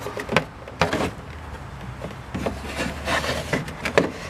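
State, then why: Seated. A plastic engine cover on a Ram engine, removed for an Airaid intake install, is put back on and pressed down onto its mounting studs. Between short rubbing and scraping sounds, sharp snaps ring out at 0.4, 0.8 and 4.0 seconds as the clips engage. The cover is seated, snapped into place.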